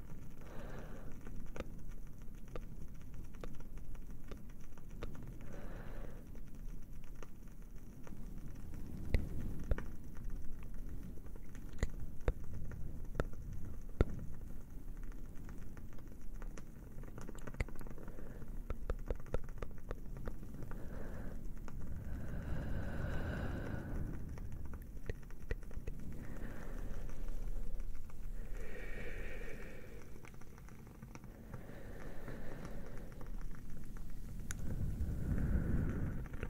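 A cozy fire crackles with frequent sharp pops over a low, steady rumble, while soft brighter swells come and go near the end.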